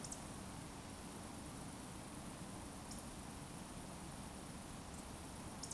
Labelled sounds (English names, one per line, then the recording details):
Eurasian Woodcock whistle
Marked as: whistle, whistle, whistle
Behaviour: display flight
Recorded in Baden-Württemberg, Germany, on 21 June 2020 at 20:15 UTC
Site 42618, 210 m above sea level